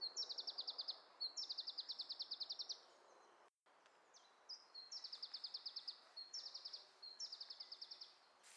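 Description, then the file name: Iberian chiffchaff song: several phrases of high, rapid trilled notes, each introduced by a brief downslurred note, over background noise. "iberischer zilpzalp"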